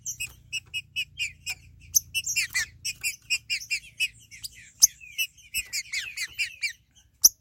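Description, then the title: Green-winged saltator song, with a quick even series of repeated notes, then a busier jumble of chirps and slurs, punctuated by sharp clicks. "Trinca Ferro"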